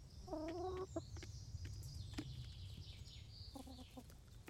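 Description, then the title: Chicken clucking: a short run of soft, nasal clucks, then a brief quick series of clipped clucks near the end, with high thin chirping and faint tapping in the background. Chickens in a henhouse making little noises while eating; Laren Gld., July 18th 2015. "Henhouse. Kippenhok (Laren Gld"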